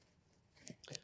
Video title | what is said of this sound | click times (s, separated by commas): Sonik Storz Luggage | And these little poppers click into place there and there. | 0.7 s, 0.9 s